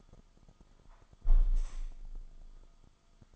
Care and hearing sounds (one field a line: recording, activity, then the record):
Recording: daily activity, microphone in the room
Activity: close window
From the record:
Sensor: 5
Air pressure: 1004.7 hPa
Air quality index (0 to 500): 85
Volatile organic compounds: 2 ppm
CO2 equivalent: 1020 ppm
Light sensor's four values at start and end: 34/80/32/31 and 34/80/32/31